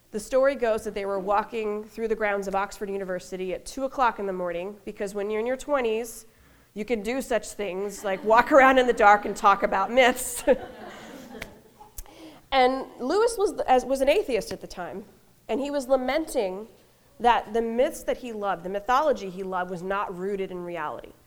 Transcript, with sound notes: The story goes that they were walking through the grounds of Oxford University at 2 o’clock in the morning, because when you’re in your twenties, you can do such things like walk around in the dark and talk about myths. (laughter) Lewis was an atheist at the time. He was lamenting that the myths that he loved, the mythologies he loved, were not rooted in reality.